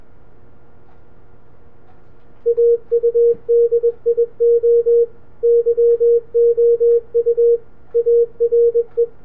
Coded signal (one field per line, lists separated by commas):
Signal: Morse code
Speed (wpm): 21 wpm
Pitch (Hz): 470 Hz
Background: radio noise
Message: AUDIO YOU ARE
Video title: RESONANT CW SPEAKER using 2 external speakers and a PCV RESONANT TUBE ARRAY